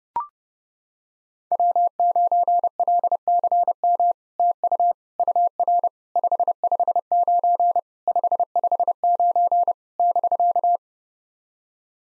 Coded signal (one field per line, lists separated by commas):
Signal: Morse code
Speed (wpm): 30 wpm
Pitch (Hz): 700 Hz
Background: none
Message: W9LCM TU UR 559 559 <BK>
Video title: SOTA QSO Practice 30wpm